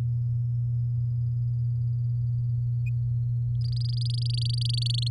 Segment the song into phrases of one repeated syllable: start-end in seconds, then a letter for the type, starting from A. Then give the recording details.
3.61-5.08 A. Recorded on 10 May 2018 at 15:01. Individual llb16